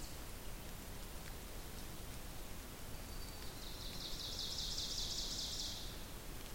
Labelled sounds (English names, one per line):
Ovenbird song